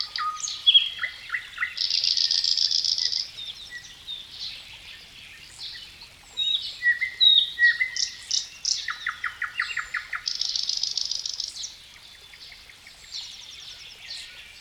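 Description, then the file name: Bird singing a lively mix of high whistles, rapid buzzy trills and sharp chirps, pausing briefly before bursting out again. "melodiez vogels"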